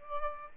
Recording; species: mosquito wingbeat signal from an infrared sensor; Aedes albopictus